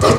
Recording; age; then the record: pig call; growing-finishing pig (85 days or more)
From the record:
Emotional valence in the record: positive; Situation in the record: run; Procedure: transit